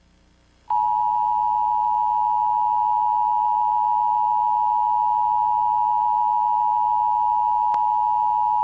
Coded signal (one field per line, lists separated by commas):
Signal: Emergency Alert System (SAME) tones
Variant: 853 and 960 Hz attention tone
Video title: Caillou Creates a Fake Emergency Alert/Grounded/Punishment Day